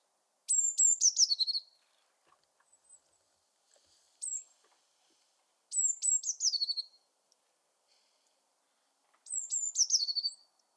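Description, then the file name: Eurasian blue tit calling repeatedly: high thin opening notes dropping into a short descending churring trill, repeated in several bouts a few seconds apart, with brief softer notes between. "Cyanistes caeruleus"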